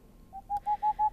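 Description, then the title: Tengmalm's owl calling in a rapid sequence of smooth whistled hoots at one steady pitch, gaining strength after the first note, a soft click in between. "Helmipöllö"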